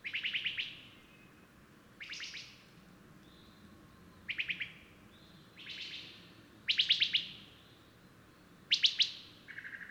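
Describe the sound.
Bird song: clusters of quick high chirps with ringing tails and softer hissy phrases, ending in a lower trill.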